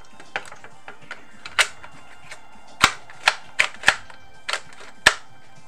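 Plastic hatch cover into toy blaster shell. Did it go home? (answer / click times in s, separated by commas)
yes / 5.1 s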